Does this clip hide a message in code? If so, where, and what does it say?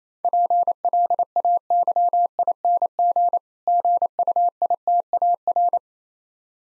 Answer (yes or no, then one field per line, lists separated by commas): yes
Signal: Morse code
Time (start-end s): 0.2-5.8 s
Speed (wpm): 27 wpm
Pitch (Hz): 700 Hz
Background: none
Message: PLAYING GUITAR